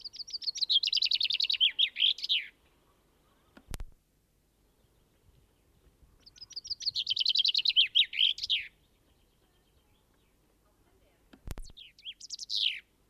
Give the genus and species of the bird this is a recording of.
Fringilla coelebs